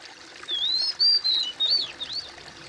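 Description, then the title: Bird song made of long, smooth high whistles that rise and fall, ending with two short arched notes, against quiet background noise. "kOMPILASI suara bird"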